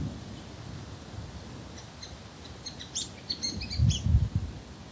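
Dusky myzomela calling with a rapid series of high, thin chips and twitters, loudest in the second half, with low thumping noise underneath.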